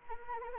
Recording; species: mosquito wingbeat signal from an infrared sensor; Anopheles arabiensis